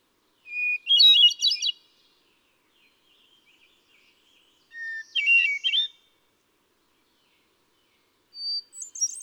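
Hermit thrush, spaced song phrases of a long clear whistle followed by fluty rolling notes, the next phrase starting lower, with soft faint chatter between them.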